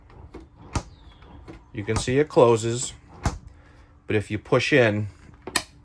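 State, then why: Seated. On a Shasta 18FQ travel trailer, a cabinet or compartment door that looks closed is pushed in firmly until its latch catches, so it stays shut while driving down the road. Someone talks, with brief knocks near 0.8 s and 3.3 s. A sharp latch click at 5.6 s shows the door is seated.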